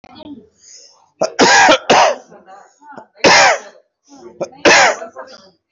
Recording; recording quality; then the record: heavy voluntary cough; excellent, no background noise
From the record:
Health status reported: recovered from COVID-19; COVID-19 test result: positive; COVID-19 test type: RT-PCR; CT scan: not taken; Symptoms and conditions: cough, cold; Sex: male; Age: 40 years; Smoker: no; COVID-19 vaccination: both doses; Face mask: worn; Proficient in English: yes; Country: India